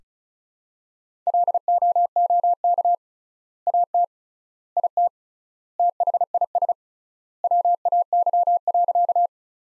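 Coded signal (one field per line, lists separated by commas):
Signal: Morse code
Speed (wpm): 35 wpm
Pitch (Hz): 700 Hz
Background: none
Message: LOOK AT IT THIS WAY.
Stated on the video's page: Practice sentences built from the top 100 words, sent at 35 wpm with three times standard word spacing, a word-based analogue of Farnsworth spacing.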